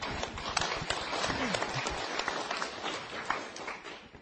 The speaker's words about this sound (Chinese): 所以诸位朋友，你有没有信心不得癌症？有，好，掌声鼓励一下。